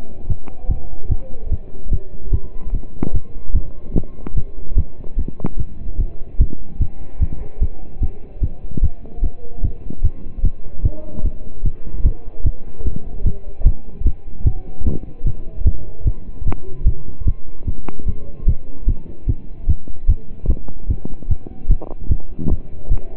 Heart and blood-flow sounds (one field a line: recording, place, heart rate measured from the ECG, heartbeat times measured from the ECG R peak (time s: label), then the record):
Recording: heart sounds by stethoscope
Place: between the tricuspid and mitral areas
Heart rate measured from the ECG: 149 bpm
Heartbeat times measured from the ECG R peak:
0.28 s: heartbeat
0.69 s: heartbeat
1.10 s: heartbeat
1.51 s: heartbeat
1.92 s: heartbeat
2.33 s: heartbeat
2.73 s: heartbeat
3.14 s: heartbeat
3.55 s: heartbeat
3.96 s: heartbeat
4.36 s: heartbeat
4.77 s: heartbeat
5.18 s: heartbeat
5.58 s: heartbeat
5.99 s: heartbeat
6.40 s: heartbeat
6.80 s: heartbeat
7.21 s: heartbeat
7.61 s: heartbeat
8.02 s: heartbeat
8.42 s: heartbeat
8.83 s: heartbeat
9.23 s: heartbeat
9.63 s: heartbeat
10.03 s: heartbeat
10.44 s: heartbeat
10.84 s: heartbeat
11.24 s: heartbeat
11.65 s: heartbeat
12.05 s: heartbeat
12.45 s: heartbeat
12.85 s: heartbeat
13.25 s: heartbeat
13.66 s: heartbeat
14.06 s: heartbeat
14.46 s: heartbeat
14.86 s: heartbeat
15.26 s: heartbeat
15.66 s: heartbeat
16.06 s: heartbeat
16.46 s: heartbeat
16.86 s: heartbeat
17.27 s: heartbeat
17.67 s: heartbeat
18.07 s: heartbeat
18.47 s: heartbeat
18.88 s: heartbeat
19.28 s: heartbeat
19.68 s: heartbeat
20.08 s: heartbeat
20.49 s: heartbeat
20.89 s: heartbeat
21.30 s: heartbeat
21.70 s: heartbeat
22.10 s: heartbeat
22.51 s: heartbeat
22.91 s: heartbeat
From the record:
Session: pedaling a stationary bicycle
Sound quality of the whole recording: partially saturated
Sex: male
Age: 27 years